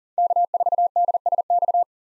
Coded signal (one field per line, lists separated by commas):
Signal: Morse code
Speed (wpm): 40 wpm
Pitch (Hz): 700 Hz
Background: none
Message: K4DSX